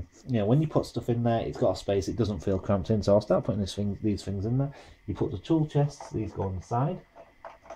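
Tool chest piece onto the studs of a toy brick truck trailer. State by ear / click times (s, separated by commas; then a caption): seated / 7.4 s. Someone talks while a plastic tool chest piece is pressed onto the side of a toy brick truck trailer for a Ferrari Scuderia team. A single short click at 7.4 s marks it clipping onto a couple of studs and seating in place.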